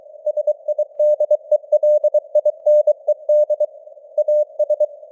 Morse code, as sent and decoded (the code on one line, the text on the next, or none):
... .. -.. . .-.. .. -. . -.. / .- ...
SIDELINED AS